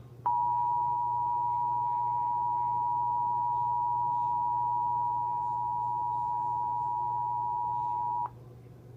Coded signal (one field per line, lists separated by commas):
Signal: Emergency Alert System (SAME) tones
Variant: 853 and 960 Hz attention tone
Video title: EAS Alert #22: Flash Flood Warning for Marion County in Indiana County.